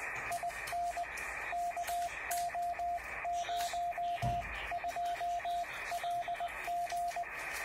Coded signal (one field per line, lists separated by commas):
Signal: Morse code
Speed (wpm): 19 wpm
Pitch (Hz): 700 Hz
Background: radio noise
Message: IN KO02LG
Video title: 4m test QSO SP5ELA - SQ5BPF